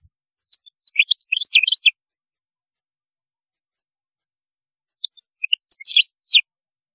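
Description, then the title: European goldfinch song: two bursts of rapid tinkling, twittering notes with a quiet pause between them. "Chant Chardonneret"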